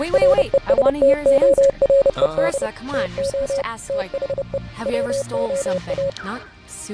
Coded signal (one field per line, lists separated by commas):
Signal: Morse code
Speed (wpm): 30 wpm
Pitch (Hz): 550 Hz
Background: speech, music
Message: RESTORED TO THE WOA